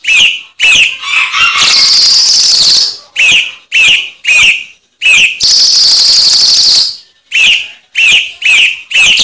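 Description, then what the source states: Cucak cungkok calling in quick sharp chirps, some upslurred, broken by two long harsh rasping bursts. Masteran tutor song used for training songbirds.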